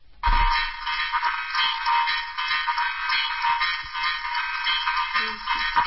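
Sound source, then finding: Simulated cochlear implant audio of music. Cochlear implant simulation (short electrode array).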